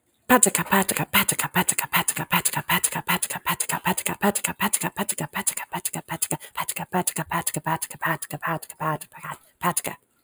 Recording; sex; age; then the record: repeated syllables /pa ta ka/; female; 30 to 39 years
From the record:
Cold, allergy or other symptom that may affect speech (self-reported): no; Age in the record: 35 years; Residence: California, United States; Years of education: 14